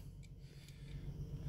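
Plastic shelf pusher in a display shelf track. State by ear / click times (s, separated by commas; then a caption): released / 0.2 s. A plastic merchandising pusher is lifted and twisted slightly to remove it from its track in a display shelf divider system. It snaps out with a short, sharp click at 0.3 s, over a low background hum. The pusher is released from the shelf track.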